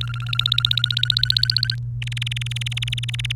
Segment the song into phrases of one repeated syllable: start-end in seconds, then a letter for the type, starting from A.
0.01-1.75 A, 2.02-3.32 B